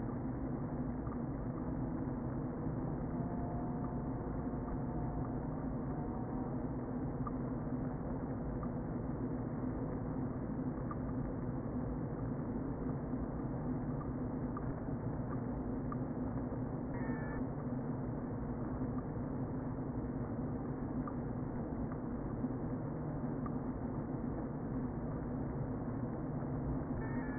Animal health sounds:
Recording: honeybee colony, microphone inside the hive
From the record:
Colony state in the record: queen present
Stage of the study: before two queens were removed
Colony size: about 60,000 bees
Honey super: yes

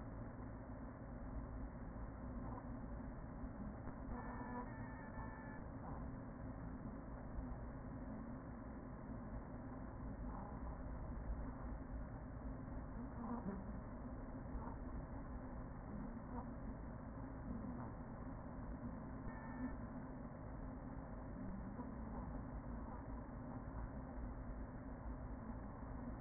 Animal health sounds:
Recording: honeybee colony, microphone inside the hive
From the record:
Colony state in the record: queen present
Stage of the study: after two queens were removed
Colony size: about 40,000 bees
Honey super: no

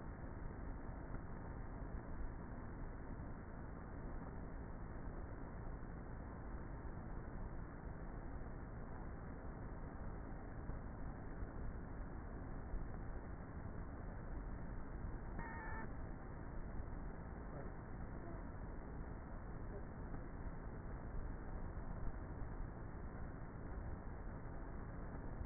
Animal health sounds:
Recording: honeybee colony, microphone inside the hive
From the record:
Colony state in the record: queenless with a low population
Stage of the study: before two queens were removed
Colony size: about 30,000 bees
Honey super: no

